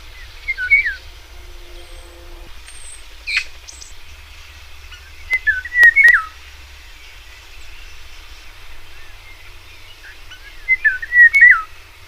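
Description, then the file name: Eurasian golden oriole giving fluty, slurred whistled phrases that dip and rise, three short bursts spaced several seconds apart, with a few faint clicks and other bird notes between. "Loriot"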